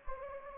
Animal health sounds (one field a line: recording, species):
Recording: mosquito wingbeat signal from an infrared sensor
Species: Anopheles gambiae